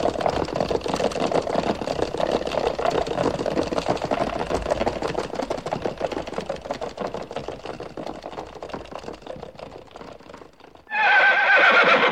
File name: horse